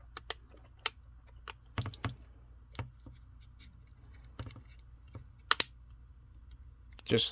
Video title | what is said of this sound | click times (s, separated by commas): Samsung Galaxy S8 Plus Phone LCD , Battery, and Rear Glass Replacement | and then they'll kind of just pop into place you'll you'll hear them pop in place | 0.3 s, 0.9 s, 5.5 s